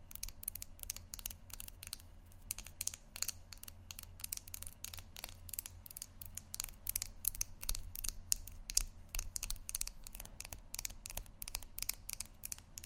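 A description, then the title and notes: Tapping goes on throughout, a dense run of sharp, bright clicks and taps arriving quickly and irregularly, sometimes in quick clusters. Some taps land harder than others, especially around the middle. A low, steady hum sits underneath the whole time. ASMR Tapping Only Sleep Time（No Talking）.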